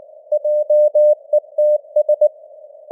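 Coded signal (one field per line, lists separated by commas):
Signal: Morse code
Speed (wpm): 19 wpm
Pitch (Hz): 600 Hz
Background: none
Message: JETS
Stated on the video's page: News headlines in 19 wpm Morse with simulated radio noise and fading (QSB).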